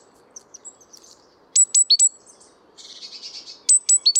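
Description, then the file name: Great tit calls: two groups of about four piercing, high, downward-sweeping notes, separated by a softer buzzy chatter. "Parus major"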